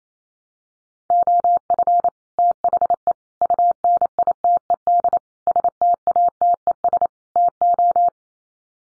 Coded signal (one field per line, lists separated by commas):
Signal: Morse code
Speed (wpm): 28 wpm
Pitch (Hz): 700 Hz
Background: none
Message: OF THE UNITED STATES TO